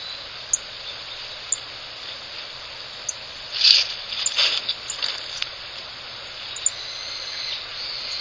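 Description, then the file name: Rustic bunting calls: sharp, very high ticking notes at irregular intervals, with a louder cluster of notes near the middle, over constant hiss. Early morning, before the birds leave the roost. "早朝塒立ち前のカシラダカの声"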